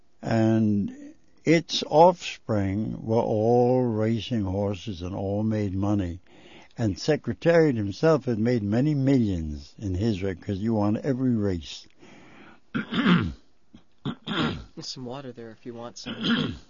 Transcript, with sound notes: And its offspring were all racing horses and all made money, and Secretariat himself had made many millions in his, because he won every race. ( he clears his throat )
There's some water there if you want some.